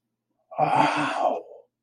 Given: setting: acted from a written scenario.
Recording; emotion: vocal sound without words; awe